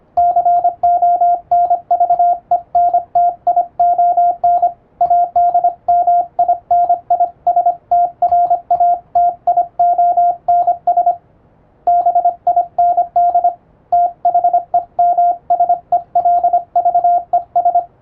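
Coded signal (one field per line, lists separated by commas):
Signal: Morse code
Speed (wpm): 25 wpm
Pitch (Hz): 700 Hz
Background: radio noise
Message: CONVENTION ADMINISTRATIONS BIND THEMSELVES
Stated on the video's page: Morse code sent with an electronic keyer in English-language radio telegram format, for receiving practice.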